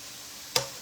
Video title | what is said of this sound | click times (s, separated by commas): Weeknight Chicken Cacciatore | And you hear that click. That releases this off. | 0.6 s